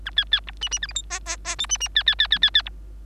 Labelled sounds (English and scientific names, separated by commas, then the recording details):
Bengalese Finch (Lonchura striata domestica) song
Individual Bird3